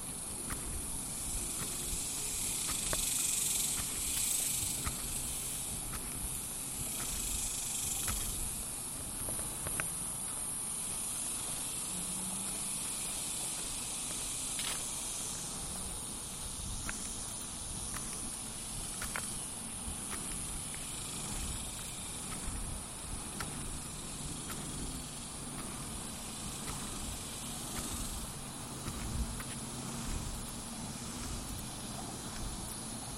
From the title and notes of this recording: The sounds of my daily lunchtime walk around the neighborhood.